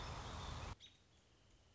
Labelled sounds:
American Robin (Turdus migratorius)
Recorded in Sonoma County, California

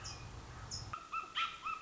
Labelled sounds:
American Robin (Turdus migratorius)
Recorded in Sonoma County, California

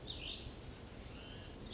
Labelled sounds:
Western Flycatcher (Empidonax difficilis)
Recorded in Sonoma County, California

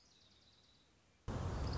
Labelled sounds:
Orange-crowned Warbler (Leiothlypis celata)
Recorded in Sonoma County, California

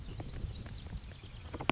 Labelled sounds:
Oak Titmouse (Baeolophus inornatus)
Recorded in Sonoma County, California

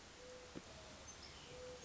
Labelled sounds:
Mourning Dove (Zenaida macroura)
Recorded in Sonoma County, California

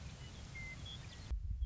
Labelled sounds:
Western Meadowlark (Sturnella neglecta)
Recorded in Sonoma County, California

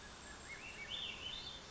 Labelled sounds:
Swainson's Thrush (Catharus ustulatus)
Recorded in Sonoma County, California

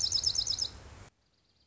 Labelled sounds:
Dark-eyed Junco (Junco hyemalis)
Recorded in Sonoma County, California

